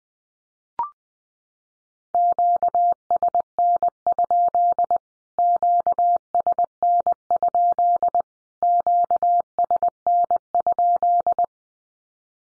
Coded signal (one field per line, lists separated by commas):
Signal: Morse code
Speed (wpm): 20 wpm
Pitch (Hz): 700 Hz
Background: none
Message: QSN? QSN? QSN?